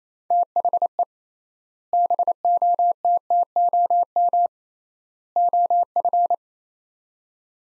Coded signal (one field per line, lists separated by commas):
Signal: Morse code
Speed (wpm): 28 wpm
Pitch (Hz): 700 Hz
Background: none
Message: THE BOTTOM OF